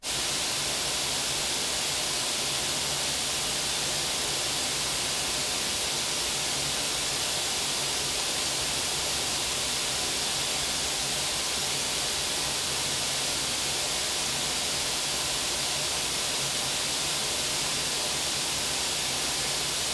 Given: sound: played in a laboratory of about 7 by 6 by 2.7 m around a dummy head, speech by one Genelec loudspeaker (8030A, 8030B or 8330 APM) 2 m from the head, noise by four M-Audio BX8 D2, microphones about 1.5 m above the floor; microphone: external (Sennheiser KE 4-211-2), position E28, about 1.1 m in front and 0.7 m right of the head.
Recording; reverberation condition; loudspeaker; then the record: white noise; medium; four, about 170 cm from the corners of the room and facing them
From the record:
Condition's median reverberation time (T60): about 510 ms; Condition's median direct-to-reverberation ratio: about -0.5 dB